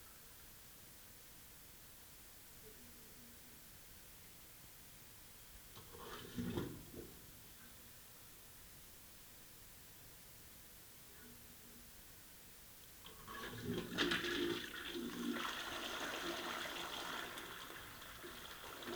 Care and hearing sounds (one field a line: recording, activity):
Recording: daily activity, guitar pickup as the sensor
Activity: flush